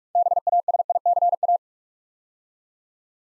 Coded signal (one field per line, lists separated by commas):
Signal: Morse code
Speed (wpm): 44 wpm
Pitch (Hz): 700 Hz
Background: none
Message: BASICA